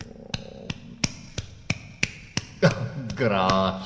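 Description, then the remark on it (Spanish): A steady run of about seven sharp hand claps at an even, moderate pace, each a crisp slap, given as applause on request, followed by a voice starting to speak. “Gracias por tu aplauso.”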